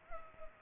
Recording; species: mosquito wingbeat signal from an infrared sensor; Culex pipiens